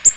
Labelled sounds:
Black-throated Green Warbler (Setophaga virens) flight call

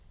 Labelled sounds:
Lucy's Warbler (Leiothlypis luciae) flight call

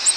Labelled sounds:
Ovenbird (Seiurus aurocapilla) flight call

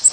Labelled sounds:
Bay-breasted Warbler (Setophaga castanea) flight call

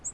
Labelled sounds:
Yellow-rumped Warbler (Setophaga coronata) flight call

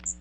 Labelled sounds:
Magnolia Warbler (Setophaga magnolia) flight call

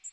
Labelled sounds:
Magnolia Warbler (Setophaga magnolia) flight call

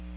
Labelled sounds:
Magnolia Warbler (Setophaga magnolia) flight call

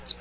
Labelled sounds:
Magnolia Warbler (Setophaga magnolia) flight call

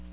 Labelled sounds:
Ovenbird (Seiurus aurocapilla) flight call

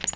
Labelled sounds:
Tennessee Warbler (Leiothlypis peregrina) flight call

